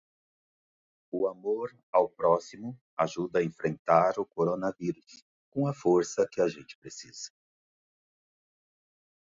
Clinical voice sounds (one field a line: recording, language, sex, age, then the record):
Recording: spoken sentence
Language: Brazilian Portuguese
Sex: male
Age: 40 to 49 years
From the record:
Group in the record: control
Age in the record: 49 years